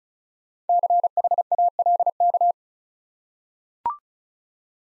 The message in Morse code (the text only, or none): CHALK